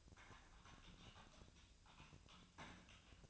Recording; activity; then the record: daily activity, microphone in the room; typing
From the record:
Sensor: 2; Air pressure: 1009.3 hPa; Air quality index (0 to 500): 187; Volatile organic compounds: 11 ppm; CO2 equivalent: 2323 ppm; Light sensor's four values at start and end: 24/59/25/28 and 24/59/25/28